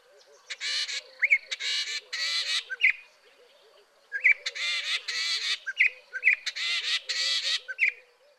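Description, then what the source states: Southern Fiscal song: harsh, grating buzzy phrases mixed with short clear whistled notes, in two bursts of about two and a half and four seconds, over a steady low twittering background. Common in South Africa; the bird is making something more like a song.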